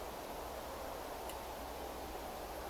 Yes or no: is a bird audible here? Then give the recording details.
no. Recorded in France